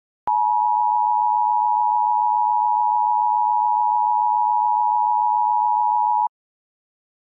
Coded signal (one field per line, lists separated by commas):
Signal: Emergency Alert System (SAME) tones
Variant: 853 and 960 Hz attention tone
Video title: EAS Scenario 7: Air Conditioner’s h€\_\_ Pt. 2